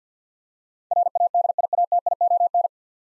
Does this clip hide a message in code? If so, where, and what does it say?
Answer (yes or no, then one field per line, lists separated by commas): yes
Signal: Morse code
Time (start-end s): 0.9-2.7 s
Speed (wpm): 52 wpm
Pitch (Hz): 700 Hz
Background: none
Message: RADIATION